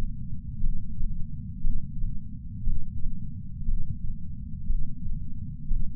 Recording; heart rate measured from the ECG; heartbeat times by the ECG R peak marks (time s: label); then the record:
heart sounds by patch sensor on the chest; 59 bpm
0.60 s: heartbeat
1.61 s: heartbeat
2.65 s: heartbeat
3.66 s: heartbeat
4.66 s: heartbeat
5.67 s: heartbeat
From the record:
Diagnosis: coronary artery disease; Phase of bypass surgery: preoperative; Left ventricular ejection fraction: 61.7%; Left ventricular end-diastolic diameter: 51 mm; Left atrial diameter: 34 mm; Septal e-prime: 7.2 cm/s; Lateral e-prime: 9.6 cm/s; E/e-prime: 6.5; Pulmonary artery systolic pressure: 19 mmHg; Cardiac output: 4.98 L/min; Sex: male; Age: 62 years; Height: 172 cm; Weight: 60 kg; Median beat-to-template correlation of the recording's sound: 0.89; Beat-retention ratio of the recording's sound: 1.00